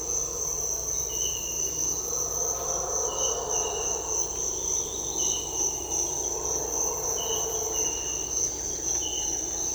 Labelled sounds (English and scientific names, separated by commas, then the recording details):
none
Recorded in dense forest near Puerto Asís, Putumayo, Colombia, on 21 December 2024 at 06:00
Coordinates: 0.486, -76.317
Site G003